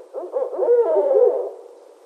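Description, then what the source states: Barred owl giving a single drawn-out, wavering hoot that swells and then trails off. Recorded 13 January 2012.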